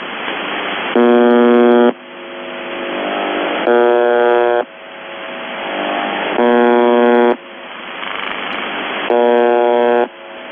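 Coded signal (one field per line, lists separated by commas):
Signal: channel marker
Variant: UVB-76 (The Buzzer)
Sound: four roughly one-second low harsh buzzes, evenly spaced, between stretches of radio hiss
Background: radio static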